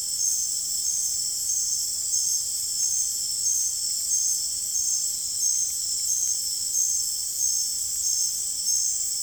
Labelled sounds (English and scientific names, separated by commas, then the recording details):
none
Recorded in dense forest near Puerto Asís, Putumayo, Colombia, on 23 June 2025 at 22:00
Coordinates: 0.503, -76.323
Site G059